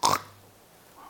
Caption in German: Extremes Schnarchgeräusch hören mit starken Unterbrüchen. Lange Pause, dann kann man auch mit so einer App erkennen, dass eine Störung vorliegt.